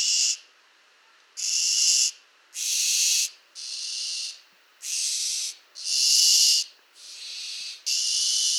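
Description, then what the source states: Barn owl giving rasping, breathy shrieks in a steady series, each a hiss of roughly half to one second. France, 16 October 2005, 04:30.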